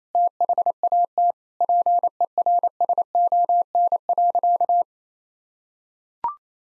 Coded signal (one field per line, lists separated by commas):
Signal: Morse code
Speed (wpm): 27 wpm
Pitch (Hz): 700 Hz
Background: none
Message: THAT PERSON.